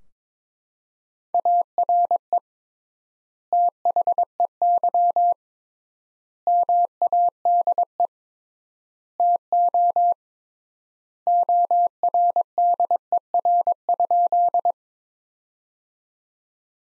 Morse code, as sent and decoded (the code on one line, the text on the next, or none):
.- .-. . / - .... . -.-- / -- .- -.. . / - --- / --- .-. -.. . .-. ..--..
ARE THEY MADE TO ORDER?